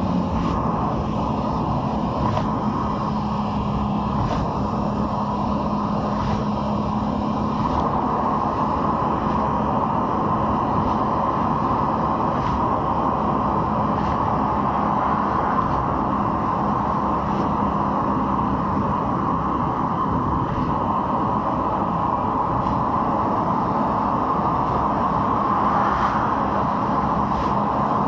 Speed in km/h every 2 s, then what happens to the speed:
75, 74, 73, 74, 75, 75, 75, 71, 71, 69, 67, 67, 70, 71.
0-12 steady at about 75. 12-20 slows to 67. 20-28 steady at about 67.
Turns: none.